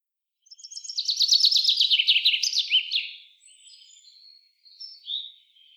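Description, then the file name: Common chaffinch: a rapid descending trill of repeated notes ending in a flourish, followed by a few quieter, thin whistled notes. "Fringilla coelebs"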